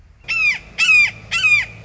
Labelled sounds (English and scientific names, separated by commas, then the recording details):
Red-shouldered Hawk (Buteo lineatus)
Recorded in Sonoma County, California